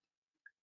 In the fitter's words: and I just simply latch the bottom